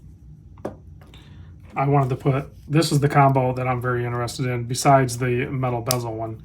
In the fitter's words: but it's just kind of cool to see the construction on this thing so if i pop this one off